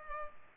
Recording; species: mosquito wingbeat signal from an infrared sensor; Culex pipiens